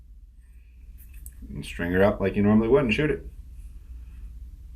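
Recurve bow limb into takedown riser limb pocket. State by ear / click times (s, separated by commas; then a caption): seated / 1.3 s. A recurve limb is slid into the limb pocket of a Bear Archery Limited Edition takedown recurve riser and locks in place, seated, with a sharp click at 1.3 s. Someone then talks.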